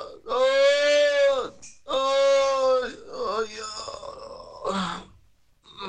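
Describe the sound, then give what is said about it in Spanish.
A man lets out two long, strained cries of pain as he is lifted, each sustained and wavering, followed by rougher groaning and ragged, breathy vocal sounds that trail off and return briefly. “Pero cuando empezaron a alzarlo, el dolor le ganó nuevamente y empezó a gritar tan fuerte que la mamá, que lo tenía de uno de los lados, empujó sin querer la manija derecha de la carretilla”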